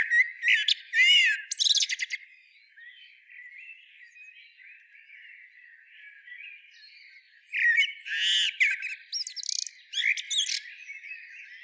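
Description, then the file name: Common blackbird singing two separated phrases, each with fluty low notes and sharp high twitters, with faint chirping filling the gap between them. "Turdus merula"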